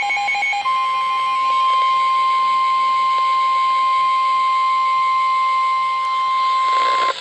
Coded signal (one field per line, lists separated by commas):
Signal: Emergency Alert System (SAME) tones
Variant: 1050 Hz attention tone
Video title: EAS #304 - Severe Thunderstorm Warning